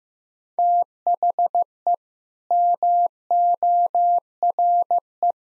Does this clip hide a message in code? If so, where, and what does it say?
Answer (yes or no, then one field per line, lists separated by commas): yes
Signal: Morse code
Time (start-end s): 0.6-5.3 s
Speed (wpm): 15 wpm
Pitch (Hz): 700 Hz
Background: none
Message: THE MORE